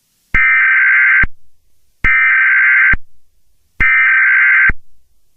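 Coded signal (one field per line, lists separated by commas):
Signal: Emergency Alert System (SAME) tones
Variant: header bursts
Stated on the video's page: Simulated Emergency Alert System scenario using valid EAS tones.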